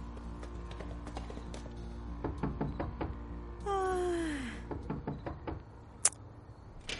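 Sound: knocking on a door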